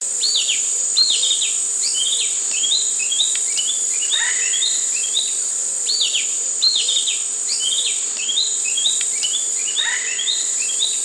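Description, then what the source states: Fairy gerygone song: repeated sweet, descending whistled notes in quick overlapping phrases throughout, over a loud, steady high insect drone. Papua New Guinea.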